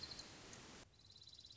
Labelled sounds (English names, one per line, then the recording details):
Dark-eyed Junco
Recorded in Sonoma County, California